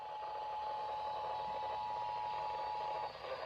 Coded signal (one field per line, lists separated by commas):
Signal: Emergency Alert System (SAME) tones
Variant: 853 and 960 Hz attention tone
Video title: EAS#82 Tornado Warning